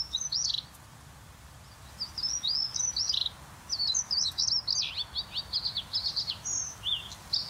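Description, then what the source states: Bluethroat song with mimicry: short high phrases of twittering, scratchy notes, building into a longer run of rapid buzzy trills, with brief pauses between phrases. Bluethroat imitating an icterine warbler's song within its own song.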